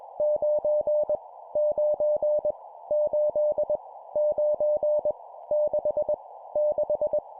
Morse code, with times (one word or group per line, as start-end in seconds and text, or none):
0.2-1.2 9
1.6-2.5 9
2.9-3.8 8
4.2-5.1 9
5.5-6.1 6
6.6-7.2 6